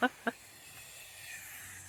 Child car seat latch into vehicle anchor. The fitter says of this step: Ah, on entend des claques. Là, on entend le claque là. Hein. Voilà, là, c'est bon, c'est maintenu.